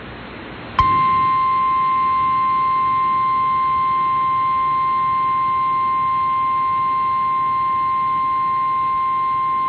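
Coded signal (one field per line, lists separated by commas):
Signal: Emergency Alert System (SAME) tones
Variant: 1050 Hz attention tone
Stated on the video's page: EAS mock reenacting a 2021 Kentucky tornado emergency, using borrowed alert audio and a cable-box (Xfinity) loading screen.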